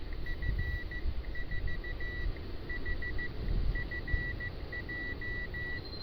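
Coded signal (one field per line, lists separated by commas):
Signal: Morse code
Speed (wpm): 14 wpm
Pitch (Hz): 1950 Hz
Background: none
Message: F4HFJ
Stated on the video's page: CW contact on a British military UK/RT 320 radio with a mobile station 37 km away.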